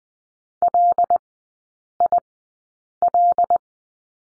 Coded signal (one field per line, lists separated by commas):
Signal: Morse code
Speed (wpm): 20 wpm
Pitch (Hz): 700 Hz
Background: none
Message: LIL